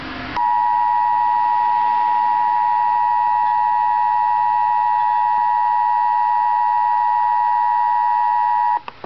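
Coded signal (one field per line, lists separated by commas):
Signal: Emergency Alert System (SAME) tones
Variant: 853 and 960 Hz attention tone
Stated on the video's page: Real tornado warning issued by the National Weather Service in Hastings, radar-indicated.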